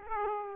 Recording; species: mosquito wingbeat signal from an infrared sensor; Aedes aegypti